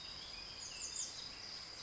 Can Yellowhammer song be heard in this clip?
no